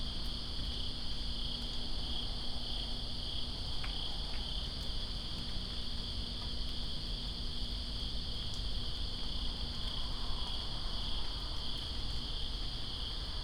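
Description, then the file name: Crickets chirping in a steady, continuous high trill, with rain hissing throughout. Crickets recorded in Greensboro on September 2, 2017, during rain. "Greensboro Crickets And Rain September 02 2017"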